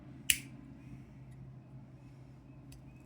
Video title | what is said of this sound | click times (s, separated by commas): Part 4 rebuilding the 1982 Ford 300 engine | push it down until it snaps. | 0.3 s